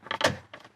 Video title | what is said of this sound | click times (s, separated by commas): NEW Instrument Cluster Display For Tesla Model 3/Y 2024 (Unexpectedly GOOD Carplay AA Camera) | so it should you should hear that uh click uh when it goes in | 0.1 s